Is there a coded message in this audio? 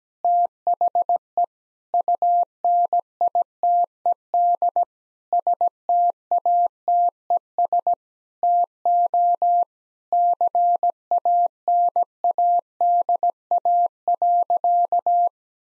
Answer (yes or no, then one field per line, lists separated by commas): yes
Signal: Morse code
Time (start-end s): 0.2-15.3 s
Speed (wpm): 17 wpm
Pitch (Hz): 700 Hz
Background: none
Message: THE UNITED STATES TO CANADA.